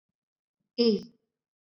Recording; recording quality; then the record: sustained vowel as in made; excellent, no background noise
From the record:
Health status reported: recovered from COVID-19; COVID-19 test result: negative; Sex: female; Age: 33 years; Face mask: not worn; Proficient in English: yes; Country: India